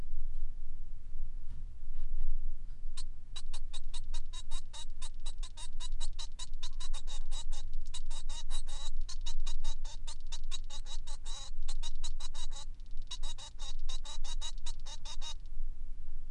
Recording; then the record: song of a male Bengalese finch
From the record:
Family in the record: son of father 3